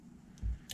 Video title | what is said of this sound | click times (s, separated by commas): *O.G's Nitro Corner - episode #44* (Part#7 Of Building Ah Legend😳).. Kyosho MP10T🔥 "Shock Build"😳💥👊🏽 | like it just did, click, and it clicked right into place. | 0.7 s